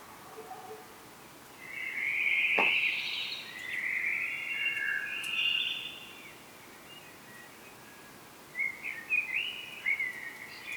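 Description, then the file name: Common blackbird song: a couple of warbled phrases, then a quick run of short twittering notes near the end. "Turdus merula"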